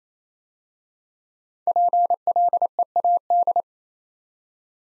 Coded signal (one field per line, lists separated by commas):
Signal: Morse code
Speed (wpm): 29 wpm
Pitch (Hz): 700 Hz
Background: none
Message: PLEAD